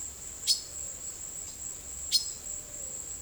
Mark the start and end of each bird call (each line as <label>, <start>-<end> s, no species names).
bird call, 0.43-0.60 s
bird call, 2.07-2.31 s